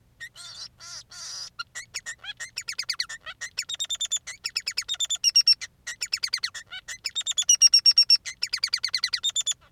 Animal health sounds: song of a male Bengalese finch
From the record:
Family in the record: son of father 3

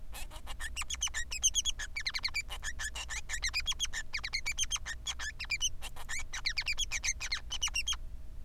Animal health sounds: song of a male Bengalese finch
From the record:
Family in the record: son of father 3

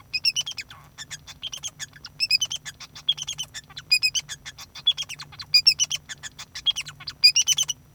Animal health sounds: song of a male Bengalese finch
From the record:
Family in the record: son of father 2

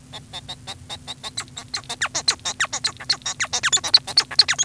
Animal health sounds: song of a male Bengalese finch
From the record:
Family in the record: son of father 1

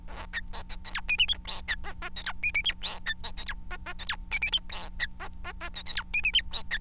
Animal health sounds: song of a male Bengalese finch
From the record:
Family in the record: son of father 4

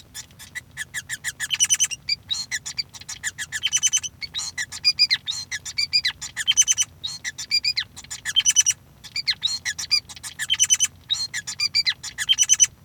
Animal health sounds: song of a male Bengalese finch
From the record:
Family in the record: son of father 5

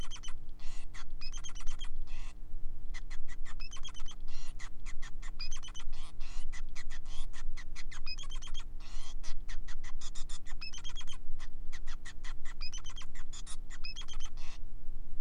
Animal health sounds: song of a male Bengalese finch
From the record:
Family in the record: son of father 5

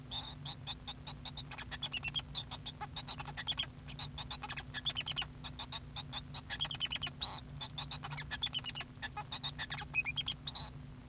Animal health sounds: song of a male Bengalese finch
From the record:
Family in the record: son of father 2

